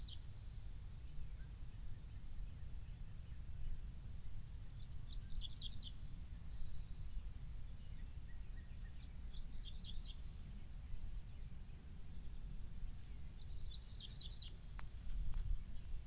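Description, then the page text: Dickcissel song: short clusters of sharp stacked notes a few seconds apart, with high insect-like tones and a constant low rumble. Recorded in Maryland. "Dickcissel by Bill Hubick"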